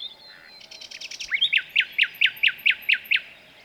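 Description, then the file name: Common nightingale song phrase: a soft buzzy rattle, then about nine loud, sharp, downslurred notes in quick succession, ending abruptly. "Luscinia megarhynchos"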